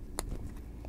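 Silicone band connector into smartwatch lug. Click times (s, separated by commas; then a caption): 0.2 s. The second side of a SKYLET silicone replacement band is snapped into the lug of a Samsung Gear S2 smartwatch, with a sharp click at 0.2 s over a low background rumble. The band connector is seated in the watch.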